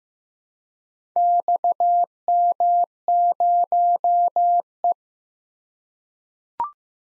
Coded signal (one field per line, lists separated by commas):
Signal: Morse code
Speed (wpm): 15 wpm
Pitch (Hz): 700 Hz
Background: none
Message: XM0E